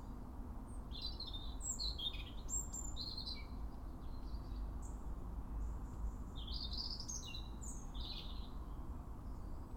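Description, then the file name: European robin song in two bursts of sweet, high, varied warbling separated by a pause, against a low droning noise. "Erithacus rubecula"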